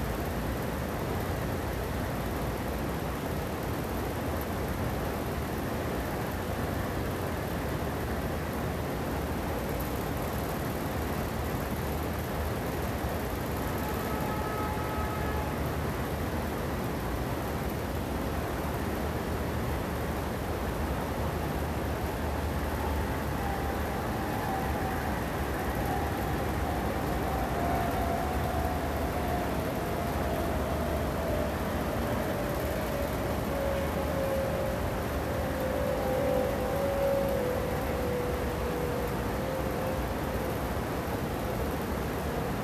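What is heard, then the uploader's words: Air conditioners hum and hiss in a steady, dense wash that barely changes for the whole stretch. Around 10 to 15 seconds, brief faint tones appear, and from about 22 seconds a thin whining tone slowly slides downward until the end. Sometimes there are birds but mostly air conditioners.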